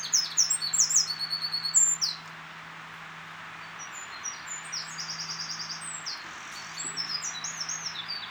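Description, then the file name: Eurasian wren song: a loud rapid trill and high chirps for two seconds, then a pause, followed by a quieter, looser run of high notes and a buzzy trill. "Troglodytes troglodytes"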